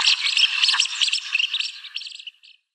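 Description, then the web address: Blue-winged teal display calls: a dense, buzzy chatter of rapid high squeaky notes that thins out and fades after about two and a half seconds. "Schulze Peter Blue-winged Teal display"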